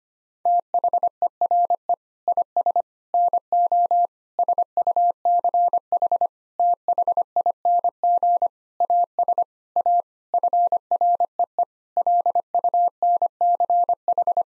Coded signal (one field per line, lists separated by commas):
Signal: Morse code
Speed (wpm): 25 wpm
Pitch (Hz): 700 Hz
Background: none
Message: THERE IS NO SUCH THING AS A FREE LUNCH